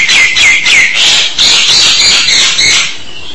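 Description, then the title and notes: Starling song, a rapid run of high chirping notes, about three per second, fading out at the end. "suara burung jalak"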